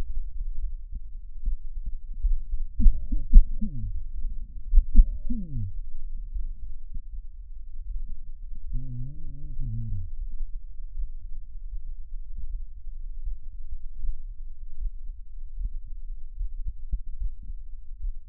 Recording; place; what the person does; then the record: lung sounds by stethoscope; left anterior apical chest; quiet breathing, then cough and speech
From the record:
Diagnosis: interstitial lung disease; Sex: male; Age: 66 years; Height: 164 cm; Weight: 76.2 kg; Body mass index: 28.3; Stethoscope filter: bell mode